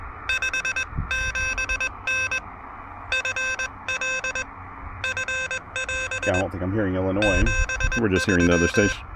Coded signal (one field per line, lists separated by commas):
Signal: Morse code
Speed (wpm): 21 wpm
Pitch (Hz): 2600 Hz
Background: speech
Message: 57N FL F<AS> 73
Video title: Pedestrian Mobile POTA Hunting: Testing the new TinyPaddle KH1 Adapter and Working with Urban QRM!